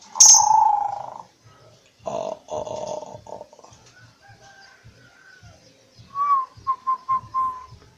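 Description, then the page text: Zebra dove song: after some other sounds, a short series of clipped, whistled coo notes repeated rapidly at a steady pitch. Perkutut manggung song of local (native) and Bangkok types, used for luring birds. "Suara Perkutut Manggung [Lokal Dan Bangkok] - Club Burung"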